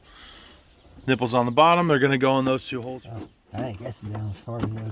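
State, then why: Not seated. Someone talks while handling the plastic housing of an Edge Jammer cold air intake for a 2003–2007 6.0 Powerstroke, lining up its two bottom pegs with two grommeted mounting holes in the engine bay. The clip ends before the housing is pressed home, so nothing has seated or clicked yet.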